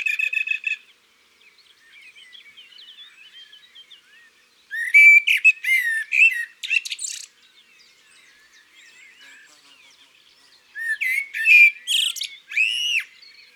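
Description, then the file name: Eurasian magpie harsh chattering in three separate bursts of grating, rattled notes, with faint twitters of other birds in the pauses. Recorded in the countryside. "Pie bavarde Chants doiseaux dans la campagne"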